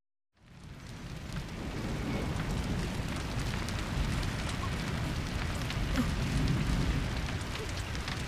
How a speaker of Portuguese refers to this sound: Tem fumaça? O que será que tá acontecendo? Nossa, um incêndio!